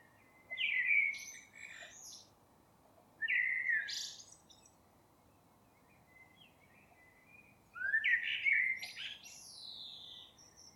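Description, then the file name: Common blackbird singing three rich, low whistled phrases with scratchy high flourishes at the end, separated by pauses. "Turdus merula"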